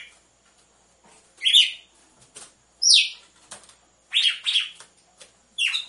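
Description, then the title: Red-cowled cardinal singing repeated downslurred whistles, then a quick pair of notes and a closing phrase, amid light tapping. Female song, used to warm up males. "Canto Galo Campina Fêmea 01. ESQUENTE GALO DE CAMPINA COM BATIDA DE DOIS MACHOS"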